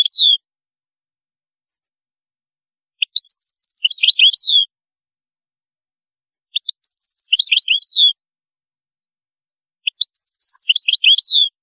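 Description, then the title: European goldfinch song, a repeated phrase of rising notes, a rapid tinkling trill and falling chirps, given about every three and a half seconds. "Chant Chardonneret"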